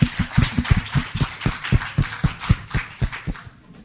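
A steady run of hand claps for a guest, roughly sixteen sharp slaps at a quick, even pace, fairly loud, with no voices over them before they stop.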